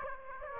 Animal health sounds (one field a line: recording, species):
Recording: mosquito wingbeat signal from an infrared sensor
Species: Aedes aegypti